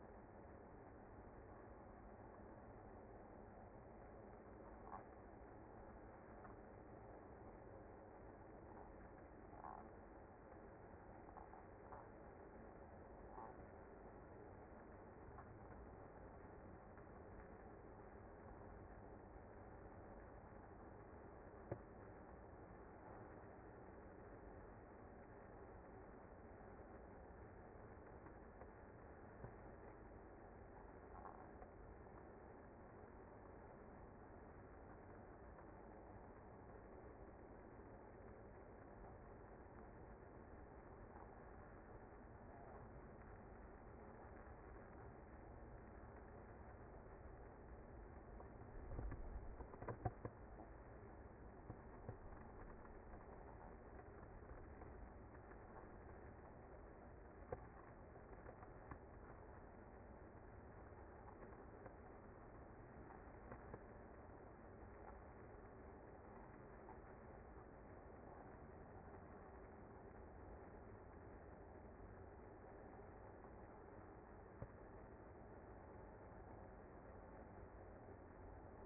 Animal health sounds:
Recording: honeybee colony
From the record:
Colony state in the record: active

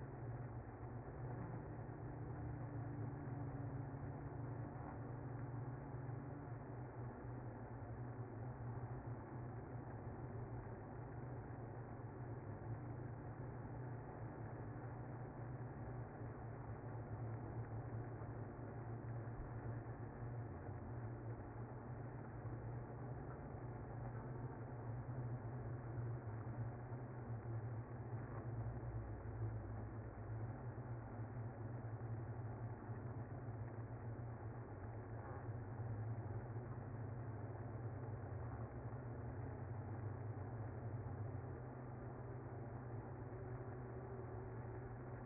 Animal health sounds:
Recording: honeybee colony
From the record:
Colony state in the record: active

